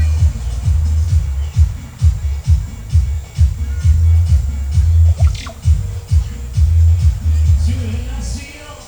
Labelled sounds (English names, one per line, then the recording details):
none
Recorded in pastures near Puerto Asís, Putumayo, Colombia, on 22 December 2024 at 16:00
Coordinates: 0.497, -76.327
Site G088